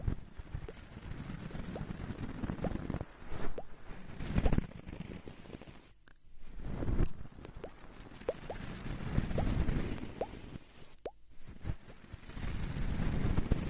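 Ear cleaning by two people, with dense scratching, rustling and crackling that rises and falls in bursts. Brief dropouts to near silence come around six and eleven seconds, and small squeaky tones poke through now and then.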